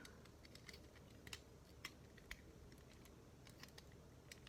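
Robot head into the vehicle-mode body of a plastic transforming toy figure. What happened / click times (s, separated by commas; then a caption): The plastic part did not lock in place / none. The robot head of a plastic transforming toy figure (Revenge of the Fallen Human Alliance Barricade and Frenzy) is pushed into its vehicle-mode body, where it should lock into place. Light plastic taps and ticks sound over a steady low hum, with the sharpest ones near 1.3, 1.9 and 2.3 seconds. Nothing has locked or clicked into place yet, and the head does not lock.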